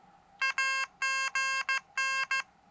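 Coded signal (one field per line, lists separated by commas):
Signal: Morse code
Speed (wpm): 15 wpm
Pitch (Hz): 1070 Hz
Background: none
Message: AGN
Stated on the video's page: Morse sent on an Elecraft KH1 during a Summits on the Air summit activation, QRP portable operation.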